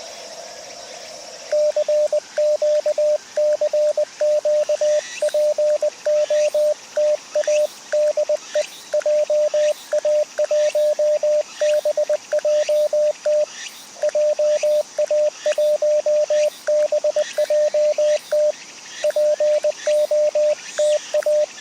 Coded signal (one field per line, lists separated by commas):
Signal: Morse code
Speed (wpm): 20 wpm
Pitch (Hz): 600 Hz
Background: radio noise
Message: CQ CQ POTA DE JA1BJT JA1BJT POTA